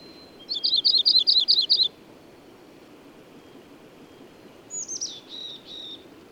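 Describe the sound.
Bird song: a fast run of bright, high chirps lasting over a second, followed later by a softer phrase.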